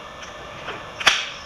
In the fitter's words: locks into place